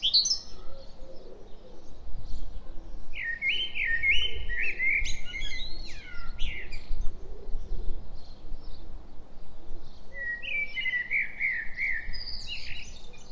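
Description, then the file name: Common blackbird delivering two warbled flute-like phrases separated by a pause, each trailing into thin high squeaks, with low rumbling background noise. "Turdus merula"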